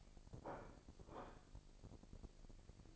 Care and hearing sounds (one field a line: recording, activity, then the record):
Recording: daily activity, microphone in the room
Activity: place plate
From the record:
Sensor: 5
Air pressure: 1007.5 hPa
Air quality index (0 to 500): 91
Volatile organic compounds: 1 ppm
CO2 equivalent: 715 ppm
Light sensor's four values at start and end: 30/71/29/29 and 30/71/28/29